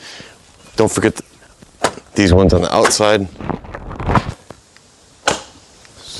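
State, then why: Seated. The outer plastic clips of a trim panel are pushed home into the front body of a Jeep. Someone talks, and the clips click in at about 4.2 s and 5.3 s. The panel's outer clips are seated.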